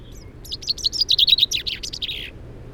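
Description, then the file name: Common chaffinch singing a quick cascade of sharp notes that slides downward and ends in a lower flourish, all within about two seconds. "Fringilla coelebs"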